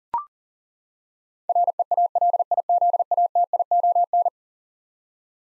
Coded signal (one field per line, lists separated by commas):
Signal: Morse code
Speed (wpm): 40 wpm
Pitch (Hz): 700 Hz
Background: none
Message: REALIZATION